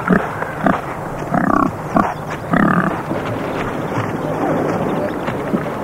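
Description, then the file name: Pig grunting in short, rough bursts, a few spaced irregularly over the first few seconds, then quieter. "prase"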